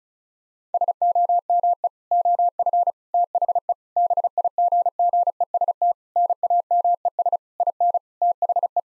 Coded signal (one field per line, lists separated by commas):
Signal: Morse code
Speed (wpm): 36 wpm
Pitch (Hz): 700 Hz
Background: none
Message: SOME OF THE BIGGEST NAMES IN THE